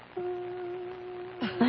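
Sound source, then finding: Device-generated steady tone. Tinnitus simulation.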